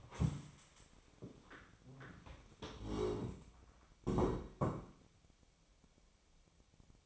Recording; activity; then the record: daily activity, microphone in the room; stand up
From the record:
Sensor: 1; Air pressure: 1000.5 hPa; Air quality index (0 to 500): 174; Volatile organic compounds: 4 ppm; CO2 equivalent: 1615 ppm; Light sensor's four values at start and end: 13/30/13/14 and 13/30/13/14